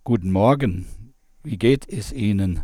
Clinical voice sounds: spoken sentence; German; male; 60 to 69 years; 1; 0; 1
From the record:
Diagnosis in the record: cordectomy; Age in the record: 60 years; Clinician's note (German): Zustand nach Chordektomie mit Ersatzstimmband links; kleine Synechie vordere Kommissur

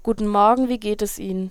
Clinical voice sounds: spoken sentence; German; female; 20 to 29 years; 1; 1; 0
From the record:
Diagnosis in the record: healthy voice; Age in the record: 20 years

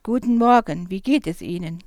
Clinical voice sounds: spoken sentence; German; female; 40 to 49 years; 1; 0; 1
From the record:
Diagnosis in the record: recurrent laryngeal nerve paralysis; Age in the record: 49 years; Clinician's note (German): Strumipriv mit Stillstand links, Einschränkung der Beweglichkeit rechts, vollkommene phonatorische Kompensation

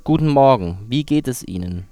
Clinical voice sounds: spoken sentence; German; male; 30 to 39 years; 0; 0; 0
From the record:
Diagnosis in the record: contact pachydermia, hyperfunctional dysphonia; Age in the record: 34 years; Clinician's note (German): Kontaktpachydermie rechts

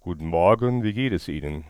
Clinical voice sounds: spoken sentence; German; male; 60 to 69 years; 1; 1; 0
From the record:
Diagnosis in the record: hyperfunctional dysphonia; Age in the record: 61 years

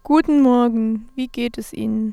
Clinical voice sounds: spoken sentence; German; female; 20 to 29 years; 0; 0; 0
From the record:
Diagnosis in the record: healthy voice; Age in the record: 28 years

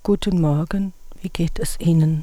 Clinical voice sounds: spoken sentence; German; female; 50 to 59 years; 2; 0; 2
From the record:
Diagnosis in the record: hyperfunctional dysphonia, psychogenic dysphonia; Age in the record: 52 years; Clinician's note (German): Ponogene Komponente

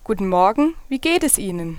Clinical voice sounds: spoken sentence; German; female; 20 to 29 years; 0; 0; 0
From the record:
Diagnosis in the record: healthy voice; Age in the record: 26 years

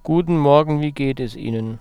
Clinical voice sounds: spoken sentence; German; male; 40 to 49 years; 0; 0; 0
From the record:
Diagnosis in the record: healthy voice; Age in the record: 40 years

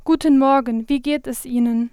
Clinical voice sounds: spoken sentence; German; female; 20 to 29 years; 0; 0; 0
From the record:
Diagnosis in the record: healthy voice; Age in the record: 20 years

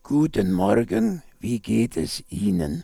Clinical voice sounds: spoken sentence; German; male; 50 to 59 years; 3; 3; 1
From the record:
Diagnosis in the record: cordectomy, ventricular fold phonation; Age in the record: 55 years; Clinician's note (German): Zustand nach Chordektomie, beginnende Taschenfaltenstimme

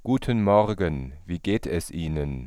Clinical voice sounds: spoken sentence; German; male; 30 to 39 years; 0; 0; 0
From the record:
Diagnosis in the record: functional dysphonia, superior laryngeal neuralgia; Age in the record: 37 years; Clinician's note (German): "Kontaktpachydermie ohne Kontaktpachydermie" nach Strumektomie

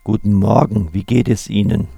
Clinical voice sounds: spoken sentence; German; male; 40 to 49 years; 2; 2; 0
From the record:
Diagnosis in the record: recurrent laryngeal nerve paralysis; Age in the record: 49 years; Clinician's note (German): Links, gute Restbeweglichkeit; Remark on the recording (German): In der NSP-Datei ist ein leichtes Piepsen im Hintergrund.

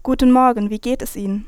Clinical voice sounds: spoken sentence; German; female; 18 to 19 years; 0; 0; 0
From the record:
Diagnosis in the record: healthy voice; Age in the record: 19 years

